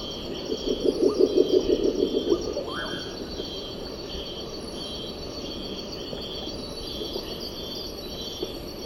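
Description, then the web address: Spectacled owl giving a rapid series of about a dozen low, knocking hoots over under two seconds, with steady insect trilling and buzzing in the background. Eastern lowlands of South America. "Natures Songs S America Eastern Lowlands. Spectacled Owl"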